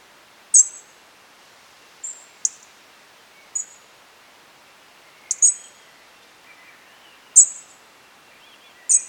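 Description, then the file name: European robin calling with sharp, high, thin notes, some doubled, spaced irregularly every second or two over a faint background hiss. "Erithacus rubecula"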